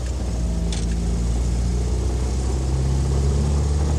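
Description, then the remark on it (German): A roadster's engine runs in the rain with a steady, deep rumble that holds at an even loudness throughout, with a brief faint hiss early on and no talking. “Ich hielt den Roadster an und suchte nach der Abdeckung, die auf ihrer Seite an den Wagen gehörte.”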